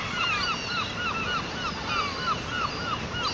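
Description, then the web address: Gull calls, a steady stream of clear, arched yelping notes repeated about three times a second over a constant background hiss. "seagulls"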